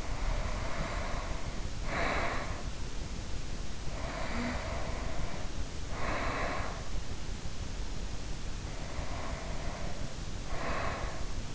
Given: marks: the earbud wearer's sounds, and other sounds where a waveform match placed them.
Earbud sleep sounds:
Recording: sounds in sleep by an in-ear microphone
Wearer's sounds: breath, snoring breath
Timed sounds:
0.00-3.11 s: breath
3.81-7.15 s: snoring breath
8.66-11.55 s: breath

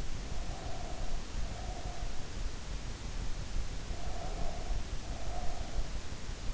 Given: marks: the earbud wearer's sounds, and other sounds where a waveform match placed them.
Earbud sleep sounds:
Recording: sounds in sleep by an in-ear microphone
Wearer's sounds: breath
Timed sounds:
0.15-2.11 s: breath
3.81-5.99 s: breath

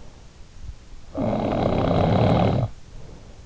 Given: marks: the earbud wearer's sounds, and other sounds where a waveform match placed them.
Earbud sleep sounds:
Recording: sounds in sleep by an in-ear microphone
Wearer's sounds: snoring breath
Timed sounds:
0.61-3.12 s: snoring breath

